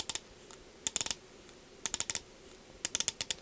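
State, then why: Seated. The fine stainless steel rotating bezel on a limited 40 mm Charlie Paris Concordia Automatic 300m diver's watch is turned by hand, giving three quick bursts of sharp, bright ratcheting clicks as it snaps into each detent. The bezel seats cleanly into its detents, with the strongest clicks at 0.9, 1.0, 2.0, 2.9, 3.2 and 3.3 seconds.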